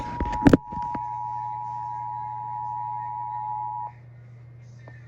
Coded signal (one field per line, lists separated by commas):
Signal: Emergency Alert System (SAME) tones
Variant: 853 and 960 Hz attention tone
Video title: Administrative Message [EAS #340] READ Description